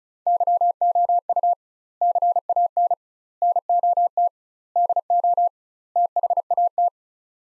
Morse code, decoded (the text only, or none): YOU CAN NOT DO THAT